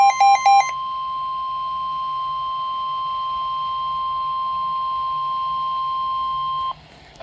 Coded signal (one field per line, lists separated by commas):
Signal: Emergency Alert System (SAME) tones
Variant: 1050 Hz attention tone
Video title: NOAA Weather Radio - Severe Thunderstorm Watch EAS #8 (8/16/25)